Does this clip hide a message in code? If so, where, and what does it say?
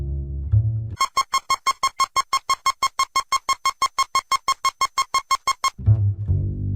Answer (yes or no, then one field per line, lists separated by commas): no